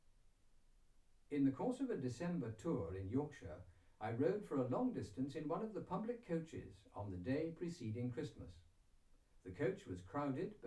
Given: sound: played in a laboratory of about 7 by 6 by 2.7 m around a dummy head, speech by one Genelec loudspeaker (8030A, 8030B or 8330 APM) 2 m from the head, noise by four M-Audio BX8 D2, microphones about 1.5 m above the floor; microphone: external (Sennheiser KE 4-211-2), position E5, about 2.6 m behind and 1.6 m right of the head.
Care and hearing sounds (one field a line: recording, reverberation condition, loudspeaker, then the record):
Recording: male speech in English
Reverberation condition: low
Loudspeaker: 60 degrees to the right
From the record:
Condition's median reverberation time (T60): about 310 ms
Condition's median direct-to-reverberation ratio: about 3.5 dB